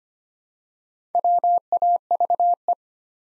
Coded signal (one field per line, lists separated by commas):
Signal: Morse code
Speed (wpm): 25 wpm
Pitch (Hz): 700 Hz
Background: none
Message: WAVE